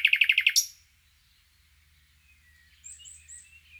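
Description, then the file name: Common nightingale song: a short loud rapid trill at the start, then near silence with faint whistled notes and low background rumble. "Luscinia megarhynchos"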